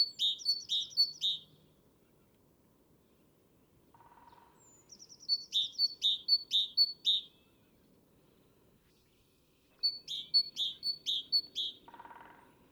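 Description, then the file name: Great tit giving three bursts of quick two-note calls, high then lower and buzzy, separated by pauses, with a brief lower sound in the pauses. "Parus major"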